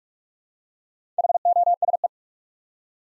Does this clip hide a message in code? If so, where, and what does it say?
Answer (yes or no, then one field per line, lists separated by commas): yes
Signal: Morse code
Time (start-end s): 1.2-2.1 s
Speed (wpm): 44 wpm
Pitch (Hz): 700 Hz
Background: none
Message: HOSE